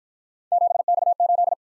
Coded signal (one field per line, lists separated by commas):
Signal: Morse code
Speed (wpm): 53 wpm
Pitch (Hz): 700 Hz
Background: none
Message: 7X8